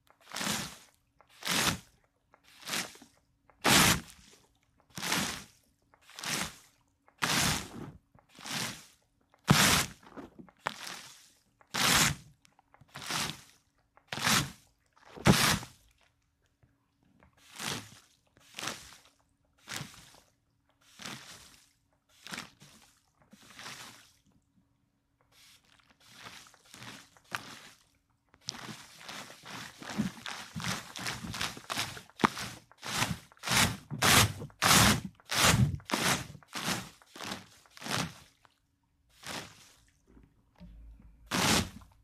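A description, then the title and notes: A spray bottle squirts in short, sharp hisses, steady and evenly spaced, roughly every second for the first fifteen seconds. Softer, scattered spritzes follow, then a dense run of quick squirts and wet sloshing builds from about 28 seconds, ending with one last burst. ASMR [water & liquid sounds, spray bottle, water globes].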